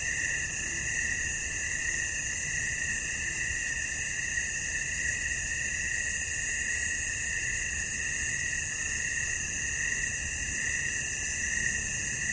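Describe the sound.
Cricket chorus: sustained high buzzy trills, continuing unchanged throughout.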